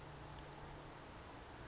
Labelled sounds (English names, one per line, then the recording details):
California Towhee
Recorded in Sonoma County, California